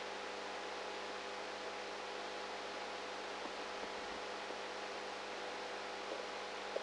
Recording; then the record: brain microelectrode recording played as sound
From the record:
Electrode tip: outside the subthalamic nucleus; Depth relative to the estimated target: -6 mm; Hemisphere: right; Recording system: NeuroSet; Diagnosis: Parkinson's disease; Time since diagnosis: 19 years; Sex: female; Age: 58 years